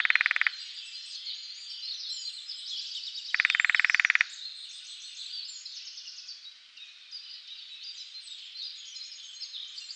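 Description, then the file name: Lesser spotted woodpecker drumming in two quick rapid rolls, a brief one at the start and a longer one three seconds later, over continuous high twittering of other birds. "dzieciolek"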